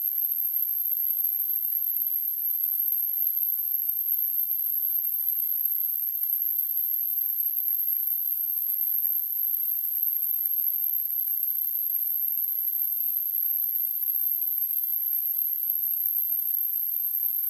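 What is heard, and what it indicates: A steady, very high-pitched whistling tone holds unchanged for the full 17 seconds over a faint background hiss. This is a simulation of tinnitus, the constant ringing some people hear without an outside sound source.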